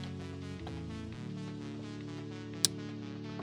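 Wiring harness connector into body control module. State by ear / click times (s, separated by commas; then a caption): seated / 2.6 s. A wiring harness connector is plugged back into the body control module of a 2017-2018 Kia Forte during a key-ignition remote engine starter install, with its pin facing the installer. Over steady electronic background music, one loud, sharp click sounds at 2.7 seconds, and the connector is seated.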